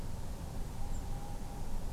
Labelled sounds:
European Robin
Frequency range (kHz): European Robin 7.1-7.9 kHz
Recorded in France

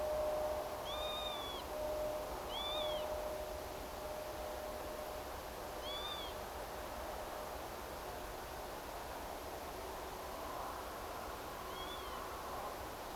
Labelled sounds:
Northern Lapwing
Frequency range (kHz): Northern Lapwing 1.0-7.6 kHz
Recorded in France

